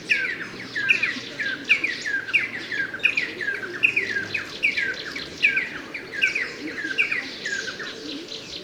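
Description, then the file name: Red-and-yellow barbet calling: a series of harsh, hooked chirps, layered with scratchy chatter, and a low hum early on. "Koshlar tavyshy - YAlkynbashly trahifonus Trachyphonus erythrocephalus"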